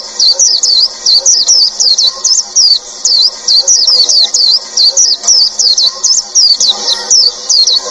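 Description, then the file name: White-eye pouring out a breathless, high twittering song of many quick slurred whistles strung tightly together, lively and sustained throughout. "tieng chim vanh khuyen"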